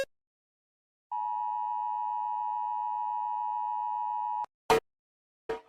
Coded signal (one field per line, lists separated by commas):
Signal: Emergency Alert System (SAME) tones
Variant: 853 and 960 Hz attention tone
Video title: Rating eas alarms cause everyone is doing it